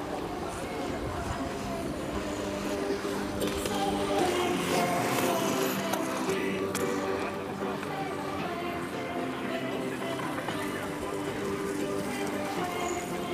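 Hundreds of people go about their activities on the Tempelhofer Freiheit in Berlin, their voices blending into a steady, dense murmur of talk. The level stays even throughout, with a few brief sharp clicks and knocks around four to seven seconds and a low hum underneath.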